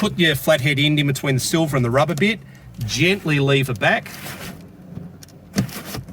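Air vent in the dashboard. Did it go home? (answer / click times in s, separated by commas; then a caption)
released / 5.6 s. Someone talks while sliding a flathead screwdriver between the silver surround and the rubber seal of the left dashboard air vent in a 2nd-gen BL Mazda 3 (2009–2013) and gently levering it back. At 5.6 s the plastic retaining clip pops loose with a sharp pop, releasing the vent.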